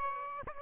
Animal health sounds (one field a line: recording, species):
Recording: mosquito wingbeat signal from an infrared sensor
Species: Aedes aegypti